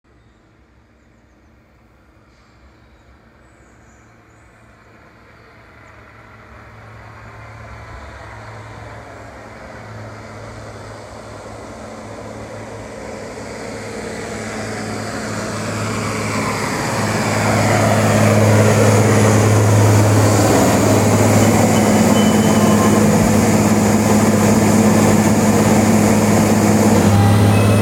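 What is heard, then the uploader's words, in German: A shunting locomotive approaches, its low engine drone and steady hum growing steadily louder over about eighteen seconds. Around the eighteen-second mark the sound jumps to full strength and stays loud, with a bright hiss and a thin high whine layered over the rumble. SBB H3 Rangierlokomotive. Rangierlokomotive im Furttal.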